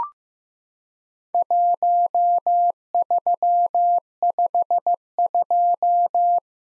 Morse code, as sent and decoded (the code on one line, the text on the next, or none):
.---- ...-- ..... ..---
1352